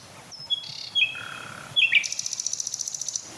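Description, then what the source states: Common Nightingale song: pure whistled notes at varied pitches, then a rising slur followed by a fast, evenly repeated high ticking trill. Male singing at night.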